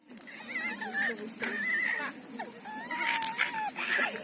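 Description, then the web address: Red fox giving wavering, whiny calls that rise and fall, several drawn-out tonal whines and wails in quick succession with brief pauses between. Angry fox. "adosana lisica"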